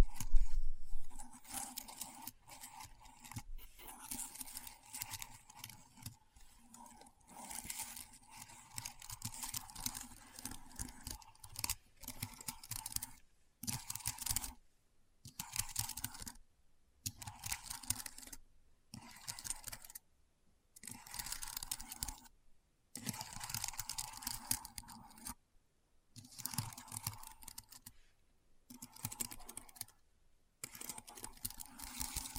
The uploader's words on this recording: ASMR Keyboard Sounds (No Talking).